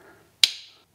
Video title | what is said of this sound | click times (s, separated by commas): All About Anderson Connectors -- How to Terminate, How to Disconnect, Grey vs Red Differences etc. | there you have a solid click | 0.4 s